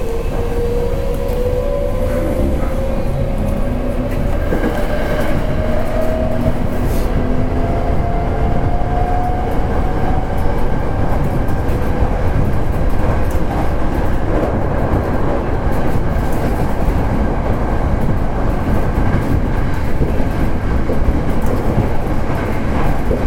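A local train on the Kobe Line runs steadily, a dense, constant low rumble of wheels and motor filling the whole stretch. Early on a whining tone rises and glides upward, fading by about seven seconds, while faint clicks and rattles flicker through the rest.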